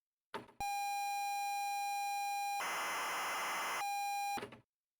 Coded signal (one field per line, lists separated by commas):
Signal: ZX Spectrum tape loading